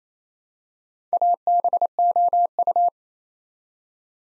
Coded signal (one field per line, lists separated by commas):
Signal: Morse code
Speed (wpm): 28 wpm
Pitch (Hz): 700 Hz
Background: none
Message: ABOU